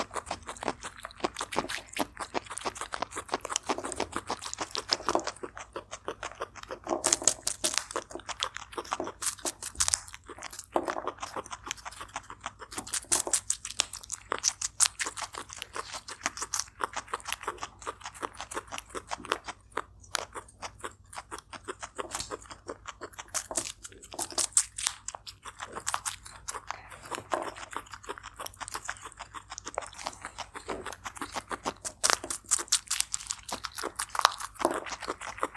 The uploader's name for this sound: turtle eating asmr mukbang